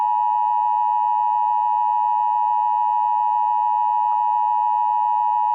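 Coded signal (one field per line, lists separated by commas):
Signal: Emergency Alert System (SAME) tones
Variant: 853 and 960 Hz attention tone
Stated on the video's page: Fictional EAS scenario with valid tones, based on the horror film Cujo.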